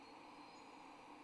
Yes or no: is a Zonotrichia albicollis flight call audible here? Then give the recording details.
no. No flight call is heard. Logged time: 03:14 on 25 November 2014